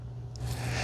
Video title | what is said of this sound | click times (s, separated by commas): Dyson V8 Cordless Vacuum Cleaner - Complete Unboxing & Performance Test | get a screwdriver and then turn it till it snaps | 0.4 s